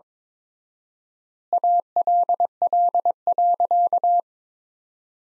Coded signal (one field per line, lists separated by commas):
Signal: Morse code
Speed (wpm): 21 wpm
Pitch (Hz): 700 Hz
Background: none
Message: ALL.